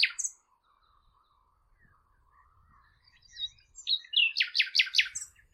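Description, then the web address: Bird song: a sharp opening note, a quiet stretch, then a run of loud, descending slurred notes delivered in quick succession. "cianscape birddata Deverinetal 2025 File origin Bird Only Lu Me"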